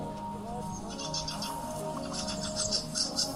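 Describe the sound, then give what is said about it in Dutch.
A fieldfare in the branches of a tree gives a run of harsh, chattering calls in quick bursts that grow stronger toward the end, over a steady low hum of background sound. “En de kramsvogel.”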